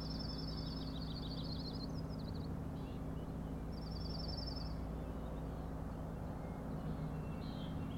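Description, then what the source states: Common nighthawk rattling: a fast high trill at the start, another short rattle around four seconds, then only a steady low hum. Three birds flying very close behind one another, passing near the recordist; rattling noise; Schoodic Head overlook, Acadia National Park, Winter Harbor, Maine; 4am, 16 June 2017.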